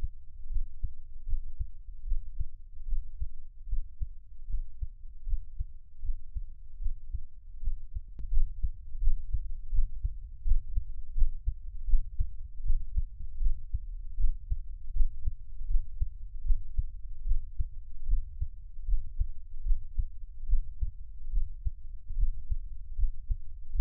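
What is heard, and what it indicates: Steady low thumping heartbeat at about 79 beats a minute, heard up close with no talking, an adult's own heartbeat offered as ASMR from Taiwan.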